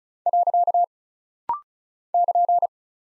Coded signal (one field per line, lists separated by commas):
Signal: Morse code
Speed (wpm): 36 wpm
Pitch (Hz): 700 Hz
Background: none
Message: . <KN>